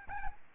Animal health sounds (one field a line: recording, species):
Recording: mosquito wingbeat signal from an infrared sensor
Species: Aedes albopictus